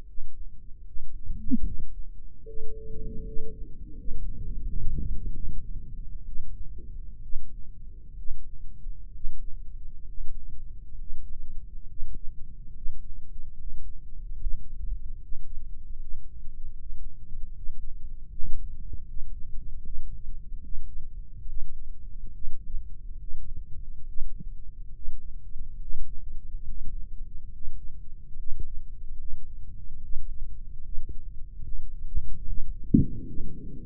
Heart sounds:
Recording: heart sounds by microphone in the right ear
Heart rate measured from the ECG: 72 bpm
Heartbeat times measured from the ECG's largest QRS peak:
0.05 s: heartbeat
0.85 s: heartbeat
1.64 s: heartbeat
2.45 s: heartbeat
3.23 s: heartbeat
3.94 s: heartbeat
4.64 s: heartbeat
5.32 s: heartbeat
6.27 s: heartbeat
7.22 s: heartbeat
8.17 s: heartbeat
9.12 s: heartbeat
10.05 s: heartbeat
10.97 s: heartbeat
11.87 s: heartbeat
12.73 s: heartbeat
13.57 s: heartbeat
14.38 s: heartbeat
15.18 s: heartbeat
15.97 s: heartbeat
16.75 s: heartbeat
17.53 s: heartbeat
18.29 s: heartbeat
19.06 s: heartbeat
19.83 s: heartbeat
20.62 s: heartbeat
21.47 s: heartbeat
22.32 s: heartbeat
23.19 s: heartbeat
24.07 s: heartbeat
24.94 s: heartbeat
25.80 s: heartbeat
26.66 s: heartbeat
27.52 s: heartbeat
28.37 s: heartbeat
29.18 s: heartbeat
30.02 s: heartbeat
30.83 s: heartbeat
31.64 s: heartbeat
32.45 s: heartbeat
33.25 s: heartbeat
From the record:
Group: healthy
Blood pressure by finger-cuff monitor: 108/69 mmHg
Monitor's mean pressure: 80 mmHg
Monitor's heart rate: 71 bpm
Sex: female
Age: 22 years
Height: 163 cm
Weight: 67.1 kg

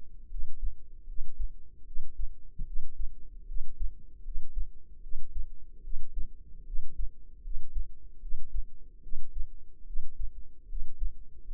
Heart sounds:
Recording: heart sounds by microphone in the left ear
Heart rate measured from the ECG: 75 bpm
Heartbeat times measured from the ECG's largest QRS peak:
0.28 s: heartbeat
1.05 s: heartbeat
1.84 s: heartbeat
2.64 s: heartbeat
3.45 s: heartbeat
4.22 s: heartbeat
5.00 s: heartbeat
5.81 s: heartbeat
6.64 s: heartbeat
7.41 s: heartbeat
8.19 s: heartbeat
9.00 s: heartbeat
9.84 s: heartbeat
10.66 s: heartbeat
11.45 s: heartbeat
From the record:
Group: healthy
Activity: rest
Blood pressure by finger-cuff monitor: 117/77 mmHg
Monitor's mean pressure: 88 mmHg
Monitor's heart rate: 75 bpm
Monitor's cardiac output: 5.5 L/min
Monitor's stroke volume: 75 mL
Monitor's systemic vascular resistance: 1150 dyn s/cm5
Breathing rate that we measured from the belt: 17 breaths a minute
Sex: female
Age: 22 years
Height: 160 cm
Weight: 45 kg

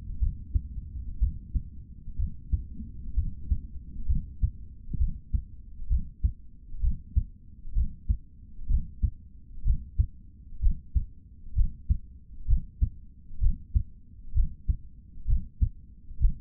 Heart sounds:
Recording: heart sounds by stethoscope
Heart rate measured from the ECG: 64 bpm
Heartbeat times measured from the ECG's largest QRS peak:
0.20 s: heartbeat
1.20 s: heartbeat
2.17 s: heartbeat
3.15 s: heartbeat
4.07 s: heartbeat
4.98 s: heartbeat
5.88 s: heartbeat
6.81 s: heartbeat
7.73 s: heartbeat
8.67 s: heartbeat
9.63 s: heartbeat
10.60 s: heartbeat
11.54 s: heartbeat
12.46 s: heartbeat
13.39 s: heartbeat
14.33 s: heartbeat
15.26 s: heartbeat
16.18 s: heartbeat
From the record:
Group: healthy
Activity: breath hold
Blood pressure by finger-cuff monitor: 114/73 mmHg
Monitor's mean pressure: 84 mmHg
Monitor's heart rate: 64 bpm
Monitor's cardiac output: 3.4 L/min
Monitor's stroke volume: 53 mL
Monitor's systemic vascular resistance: 1770 dyn s/cm5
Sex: male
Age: 55 years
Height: 167 cm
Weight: 57.2 kg

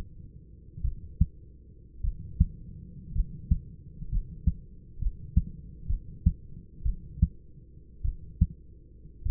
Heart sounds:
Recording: heart sounds by stethoscope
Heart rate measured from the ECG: 57 bpm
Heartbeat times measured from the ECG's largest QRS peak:
0.82 s: heartbeat
2.02 s: heartbeat
3.13 s: heartbeat
4.10 s: heartbeat
4.99 s: heartbeat
5.87 s: heartbeat
6.83 s: heartbeat
8.03 s: heartbeat
9.24 s: heartbeat
From the record:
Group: healthy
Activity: cold pressor test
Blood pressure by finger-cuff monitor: 116/47 mmHg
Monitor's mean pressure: 70 mmHg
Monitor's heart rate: 54 bpm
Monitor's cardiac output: 6.8 L/min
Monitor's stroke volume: 124 mL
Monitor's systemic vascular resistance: 730 dyn s/cm5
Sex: male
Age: 25 years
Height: 170 cm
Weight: 70.4 kg

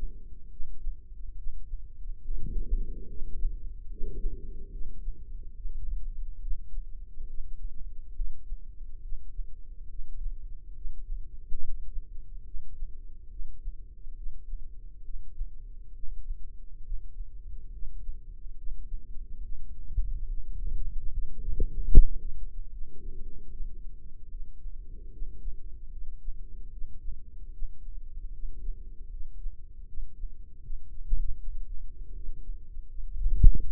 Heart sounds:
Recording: heart sounds by microphone in the left ear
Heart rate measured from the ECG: 72 bpm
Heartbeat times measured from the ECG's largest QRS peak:
0.50 s: heartbeat
1.36 s: heartbeat
2.24 s: heartbeat
3.08 s: heartbeat
3.89 s: heartbeat
4.71 s: heartbeat
5.54 s: heartbeat
6.40 s: heartbeat
7.27 s: heartbeat
8.15 s: heartbeat
9.01 s: heartbeat
9.88 s: heartbeat
10.74 s: heartbeat
11.59 s: heartbeat
12.44 s: heartbeat
13.29 s: heartbeat
14.15 s: heartbeat
15.03 s: heartbeat
15.92 s: heartbeat
16.82 s: heartbeat
17.71 s: heartbeat
18.56 s: heartbeat
19.41 s: heartbeat
20.25 s: heartbeat
21.11 s: heartbeat
21.91 s: heartbeat
22.70 s: heartbeat
23.49 s: heartbeat
24.29 s: heartbeat
25.11 s: heartbeat
25.91 s: heartbeat
26.71 s: heartbeat
27.51 s: heartbeat
28.32 s: heartbeat
29.10 s: heartbeat
29.86 s: heartbeat
30.62 s: heartbeat
31.37 s: heartbeat
32.13 s: heartbeat
32.87 s: heartbeat
33.63 s: heartbeat
From the record:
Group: healthy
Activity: rest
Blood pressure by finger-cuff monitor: 102/70 mmHg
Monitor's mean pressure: 82 mmHg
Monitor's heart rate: 72 bpm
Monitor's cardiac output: 5.2 L/min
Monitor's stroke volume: 73 mL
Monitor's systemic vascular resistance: 1130 dyn s/cm5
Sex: female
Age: 43 years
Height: 160 cm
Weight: 90 kg

